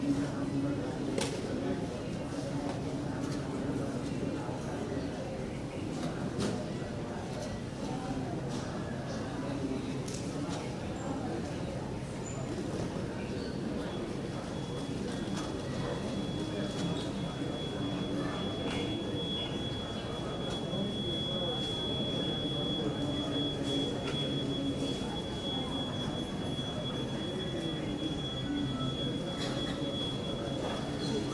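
An airport terminal murmurs with steady overlapping voices and low rumble, occasional clicks and clatter, and a thin high tone lingering from mid-clip onward.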